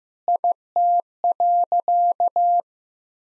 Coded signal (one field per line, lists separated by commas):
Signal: Morse code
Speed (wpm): 15 wpm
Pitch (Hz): 700 Hz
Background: none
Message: IT.